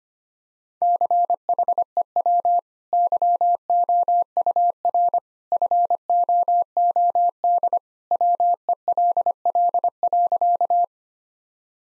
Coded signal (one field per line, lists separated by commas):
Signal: Morse code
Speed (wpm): 25 wpm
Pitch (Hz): 700 Hz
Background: none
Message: CHEW YOUR FOOD WELL.